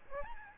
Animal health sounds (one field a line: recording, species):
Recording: mosquito wingbeat signal from an infrared sensor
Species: Aedes albopictus